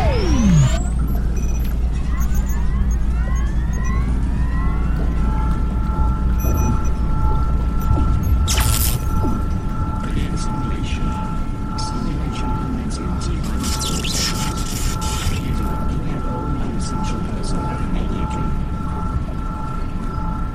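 Damaged underwater lab ambience: a heavy, steady low rumble fills all twenty seconds, with a sweeping tone that drops quickly in the opening second. Thin steady whines hold above it, while scattered creaks, clanks and a sharp hiss around eight seconds break through.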